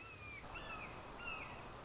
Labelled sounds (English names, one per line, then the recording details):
Red-shouldered Hawk
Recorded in Sonoma County, California